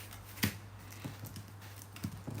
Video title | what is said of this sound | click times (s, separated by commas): BOBAbrickz 🧱 is live | So you want one of those and that locks in place | 0.4 s